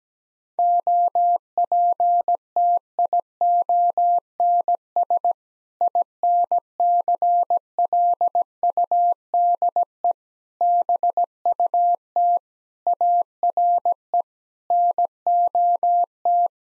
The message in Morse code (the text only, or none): OPTIONS INCLUDE BUT ARE NOT